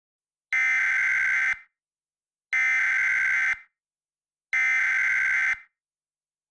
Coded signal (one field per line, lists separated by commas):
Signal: Emergency Alert System (SAME) tones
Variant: header bursts